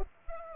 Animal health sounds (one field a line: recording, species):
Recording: mosquito wingbeat signal from an infrared sensor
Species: Culex pipiens